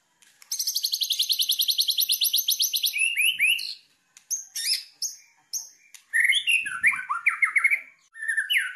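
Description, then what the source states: White-rumped shama song opening with a long fast high-pitched rattle, then varied whistles, chips and descending slurred notes. Lure to make birds respond.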